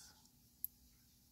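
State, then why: Seated. A crimped metal pin on the white ground wire of an Aircraft Automation SuperEco autopilot extension cable male end is pushed into the bottom cavity of a plastic connector housing until it locks. A single sharp, short click sounds at 0.6 s over a quiet, low background hiss. The pin is seated and confirmed clicked in.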